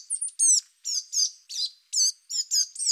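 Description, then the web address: Willow tit calls: a run of harsh, buzzy, nasal notes in quick succession at slightly uneven gaps, with thin high notes at the start; no other sounds. "Parus montanus"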